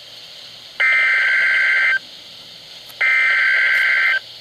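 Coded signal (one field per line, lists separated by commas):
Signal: Emergency Alert System (SAME) tones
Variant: header bursts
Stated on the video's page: Flash flood watch on NOAA Weather Radio station on 162.500 MHz.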